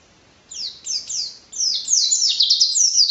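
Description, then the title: White-eye gives three separate high down-slurred chirps, then breaks into a quick run of twittering notes. Song style called 'racun', with canary-like variations ('variasi kenari'), rapid bursts ('tembakan') and nonstop singing ('gacor'); 2015. "Pleci RACUN (Variasi kenari , Tembakan , Gacor , new 2015 )"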